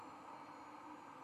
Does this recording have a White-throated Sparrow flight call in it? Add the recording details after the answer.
no. No flight call is heard. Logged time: 03:50 on 24 November 2014